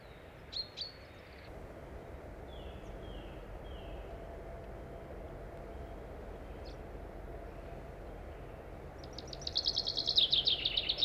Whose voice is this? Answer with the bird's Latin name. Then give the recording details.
Fringilla coelebs. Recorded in the wild. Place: Hilden, Nordrhein-Westfalen, DE. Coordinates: 51.19, 7.2. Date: 1995-04-08. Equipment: Sony WM-D6C. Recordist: Skiba, Reinald